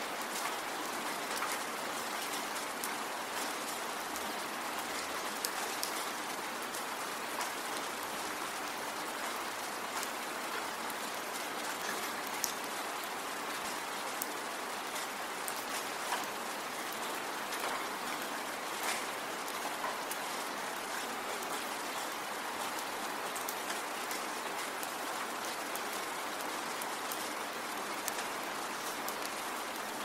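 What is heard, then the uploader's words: Steady, dense rain falls, a constant bright hiss with countless tiny drop ticks and no pauses across the whole stretch. Rain Sounds 1 Hour Sound of Rain.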